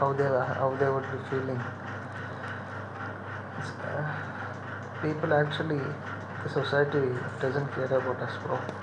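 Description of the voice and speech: A man who has stammered since birth speaks in bursts: a phrase-start repetition ("how they, how they"), a filler, then a long silent stretch broken by an isolated "s" before "people", consistent with a block. This is adult stuttering of intermediate severity, with repetitions and blocks. A faint low hum sits in the background.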